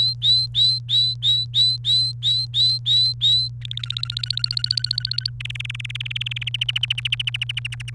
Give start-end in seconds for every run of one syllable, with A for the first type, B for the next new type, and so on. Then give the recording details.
0.00-3.48 A, 3.62-5.29 B, 5.40-6.49 C, 6.54-7.90 D. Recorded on 29 April 2018 at 13:47. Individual llb3